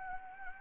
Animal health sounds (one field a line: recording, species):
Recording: mosquito wingbeat signal from an infrared sensor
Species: Anopheles gambiae